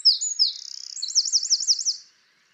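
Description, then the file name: Eurasian wren song fragment: sharp high notes running into a quick, looping rattle that stops abruptly. "Troglodytes troglodytes"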